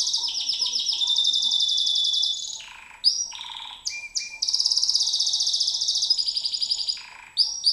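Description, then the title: White-eye singing a long rolling high trill, then sharp chips and slurred notes, followed by another fast trill and more high notes. Song in the ngerol ngalas style. "Suara Burung Pleci Ngerol Ngalas"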